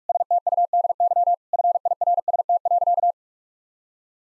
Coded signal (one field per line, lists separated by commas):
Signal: Morse code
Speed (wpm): 41 wpm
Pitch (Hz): 700 Hz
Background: none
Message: STUDY FIRST.